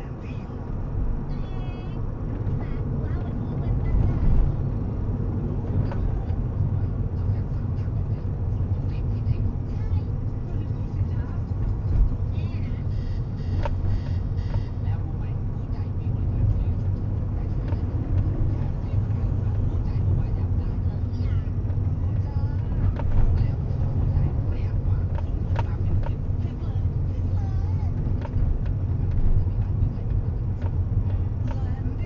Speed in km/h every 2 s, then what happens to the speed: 44, 44, 44, 43, 37, 34, 32, 30, 29, 30, 30, 31, 29, 28, 26, 26.
0-7 steady at about 44. 7-13 slows to 30. 13-32 steady at about 29.